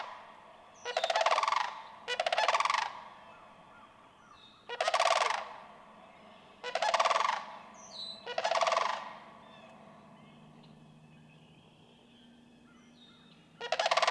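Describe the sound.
Sandhill crane giving several throaty, rolling calls at uneven intervals, with soft bird twitters in the quieter gaps.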